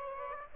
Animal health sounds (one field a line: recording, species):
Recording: mosquito wingbeat signal from an infrared sensor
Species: Aedes aegypti